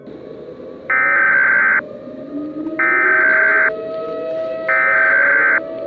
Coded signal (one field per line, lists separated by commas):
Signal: Emergency Alert System (SAME) tones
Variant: header bursts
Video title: Ashes To Ashes [EAS SCENARIO] [FT. @HiatusUntilDecember1st]